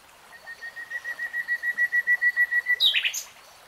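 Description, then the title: Nightingale song: a long crescendo of pure whistled notes repeated rapidly on one pitch, ending in a short harsh flourish. Singing, recorded in real time. "[Tiếng chim hót] 3 Hours REALTIME Nightingale Singing"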